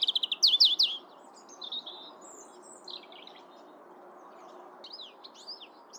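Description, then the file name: European robin: songbird phrase of sharp, high, rapidly repeated notes at the start, followed by softer, scattered whistles and twitters. "Erithacus rubecula"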